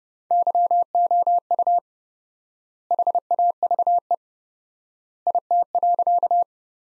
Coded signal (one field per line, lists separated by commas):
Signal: Morse code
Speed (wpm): 32 wpm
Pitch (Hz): 700 Hz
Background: none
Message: YOU HAVE IT.